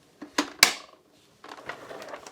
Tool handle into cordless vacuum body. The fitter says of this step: that will just click into place